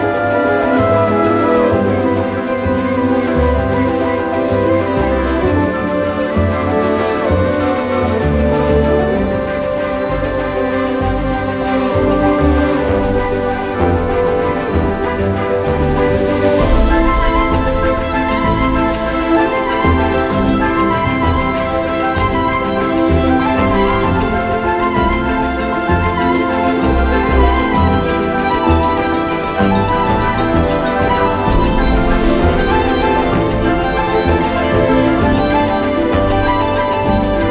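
Steady, full piano music plays throughout at an even level, with a brighter hiss like rain joining the upper range from about sixteen seconds.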